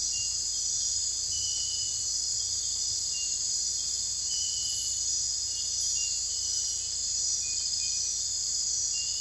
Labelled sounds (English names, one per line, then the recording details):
none
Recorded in secondary vegetation near Puerto Asís, Putumayo, Colombia, on 22 December 2024 at 00:30
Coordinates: 0.484, -76.319
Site GP06